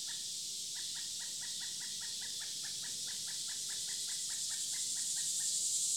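Pileated woodpecker calling: a long, steady series of evenly spaced wuk notes, about four per second, over a constant high, hissing insect drone.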